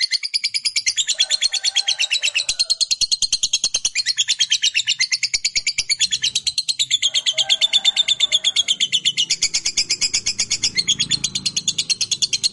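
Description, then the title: Lovebird in a long, unbroken chattering trill, rapid pulsed high notes running nonstop for over twelve seconds with slight shifts in pitch. Fighter-type lovebird performing a long chattering call, called ngekek panjang. "Begitu Dengar Suara Lovebird FIGHTER NGEKEK PANJANG"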